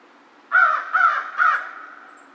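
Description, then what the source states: American crow giving three harsh, nasal caws in quick succession, each about half a second apart, fading into a quiet background. Recorded 2 March 2010.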